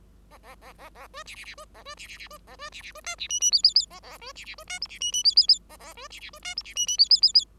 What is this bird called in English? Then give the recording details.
Bengalese Finch. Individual Bird5